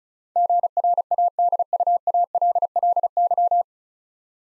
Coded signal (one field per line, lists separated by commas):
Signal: Morse code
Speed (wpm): 33 wpm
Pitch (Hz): 700 Hz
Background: none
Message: GRADUALLY